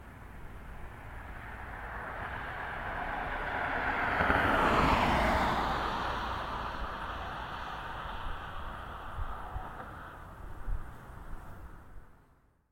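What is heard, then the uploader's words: A single car approaches along a nearby road, swelling to a close, rushing pass around the five-second mark before fading away to the right. A low steady rumble sits underneath throughout, with a brief faint knock near eleven seconds as the sound trails off. Light traffic near road. Created with Dolby.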